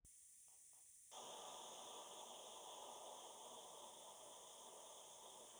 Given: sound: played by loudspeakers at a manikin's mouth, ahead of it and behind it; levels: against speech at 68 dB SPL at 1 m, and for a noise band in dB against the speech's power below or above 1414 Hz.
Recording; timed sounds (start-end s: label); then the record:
test signals for a remote microphone
1.11-5.60 s: speech-spectrum noise from ahead
From the record:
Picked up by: remote microphone D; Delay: 24 ms